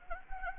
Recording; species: mosquito wingbeat signal from an infrared sensor; Anopheles gambiae